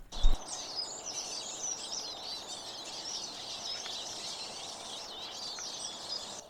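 Eurasian siskin song, a continuous high twittering chatter with thin squeaky notes, heard through steady background hiss.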